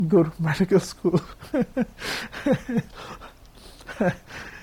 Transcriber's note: laughs